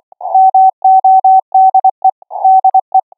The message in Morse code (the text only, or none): MODE DE